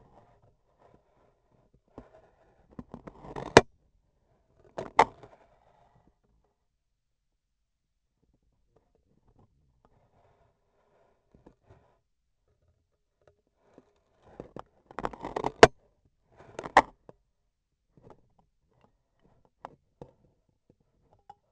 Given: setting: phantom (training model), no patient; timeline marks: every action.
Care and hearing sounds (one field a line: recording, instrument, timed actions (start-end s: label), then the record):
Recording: laparoscopic instrument, vibration sensor on the handle end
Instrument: scissors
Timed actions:
2.66-3.70 s: cutting foam
4.74-5.46 s: scissors opening
14.84-15.75 s: cutting foam
16.18-17.06 s: scissors opening
From the record:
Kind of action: gesture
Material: foam